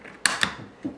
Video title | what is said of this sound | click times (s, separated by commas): #1 THOMPSON SUBMACHINE GUN MECHANISMS OF FUNCTION | that's the first click | 0.3 s